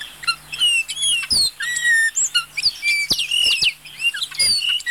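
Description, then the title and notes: Bay-winged cowbird song, many high whistled and chattering notes overlapping in a busy, disorderly jumble, with sharp clicks and a faint low hum underneath. Lives in small groups of 7 or 8 birds, separating only when breeding; groups are often heard singing together, sounding like an orchestra tuning its instruments, hence the common name. "Museo de Ciencias de Bahía Blanca. Tordo Músico (Molothrus badius)"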